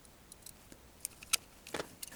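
After a spring is added to the locking post of a vintage G-1 Gatchaman / Battle of the Planets toy spaceship, its plastic wings are pushed together to test the spring-loaded lock. Light plastic rattles and taps lead to sharp clicks at 1.1 s and 1.4 s, followed by more handling noise. The wing lock now catches and is seated.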